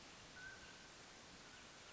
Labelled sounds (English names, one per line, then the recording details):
Mountain Quail
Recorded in Sonoma County, California